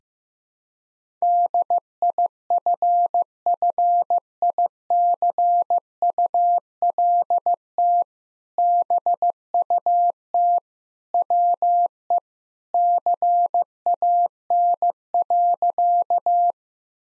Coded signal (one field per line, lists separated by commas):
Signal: Morse code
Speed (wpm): 15 wpm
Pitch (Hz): 700 Hz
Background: none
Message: DIFFICULT BUT WE CAN.